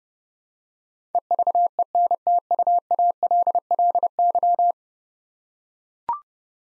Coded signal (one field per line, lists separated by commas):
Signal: Morse code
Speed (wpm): 32 wpm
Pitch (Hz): 700 Hz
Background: none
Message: EVENTUALLY